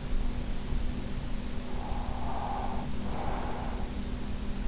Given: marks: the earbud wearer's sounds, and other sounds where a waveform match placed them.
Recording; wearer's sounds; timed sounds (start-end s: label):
sounds in sleep by an in-ear microphone; breath
1.48-4.10 s: breath